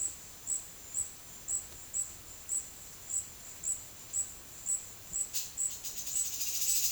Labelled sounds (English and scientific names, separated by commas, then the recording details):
none
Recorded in dense forest near Puerto Asís, Putumayo, Colombia, on 19 February 2024 at 14:30
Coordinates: 0.505, -76.324
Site G6467